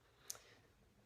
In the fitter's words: same way push it together you hear a pop it comes out so